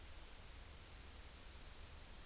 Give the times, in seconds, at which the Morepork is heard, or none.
none